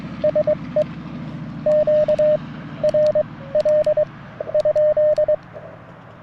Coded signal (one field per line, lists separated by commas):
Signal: Morse code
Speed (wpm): 23 wpm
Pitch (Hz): 610 Hz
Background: radio noise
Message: SE Q RL ?